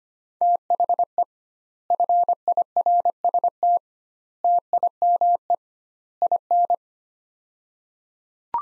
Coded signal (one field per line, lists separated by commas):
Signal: Morse code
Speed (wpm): 25 wpm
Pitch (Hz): 700 Hz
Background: none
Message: THE FIRST TIME IN